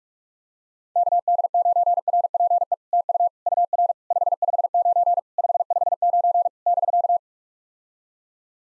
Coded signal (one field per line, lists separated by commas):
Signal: Morse code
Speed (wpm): 44 wpm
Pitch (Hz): 700 Hz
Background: none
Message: KD9RPE TU UR 559 559 <BK>